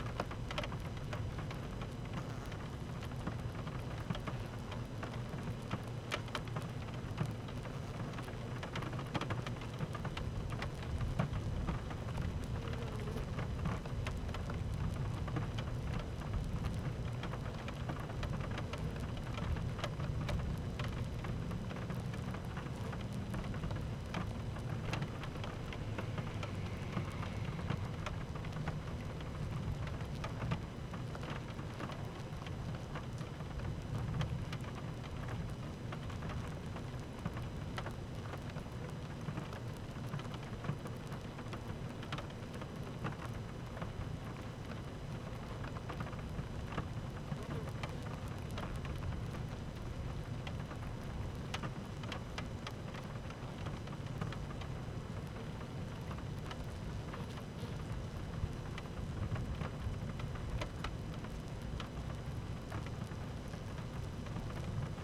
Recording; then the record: honeybee colony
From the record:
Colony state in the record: active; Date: 12 June 2018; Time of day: 13:11